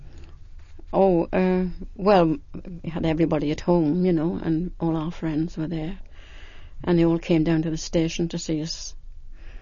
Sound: none

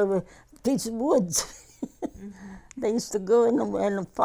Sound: she laughs

